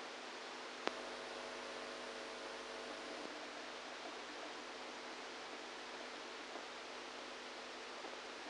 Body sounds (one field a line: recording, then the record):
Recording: brain microelectrode recording played as sound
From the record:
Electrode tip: outside the subthalamic nucleus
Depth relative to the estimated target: -8 mm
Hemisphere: right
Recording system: NeuroSet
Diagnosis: Parkinson's disease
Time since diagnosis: 27 years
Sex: male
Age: 62 years